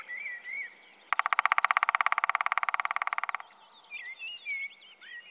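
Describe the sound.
Black woodpecker drumming, a fast even roll of knocks lasting over two seconds, with other birds singing whistled phrases before and after.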